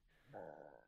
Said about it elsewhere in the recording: My stomach is growling. You probably hear that on the microphone.